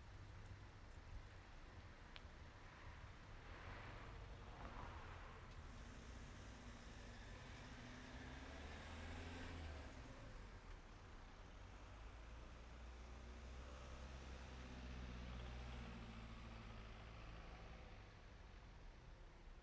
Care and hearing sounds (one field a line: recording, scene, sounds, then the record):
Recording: everyday scene through a hearing-aid microphone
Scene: in traffic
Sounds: traffic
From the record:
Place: main road on the outskirts, rush hour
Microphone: behind the ear, right, rear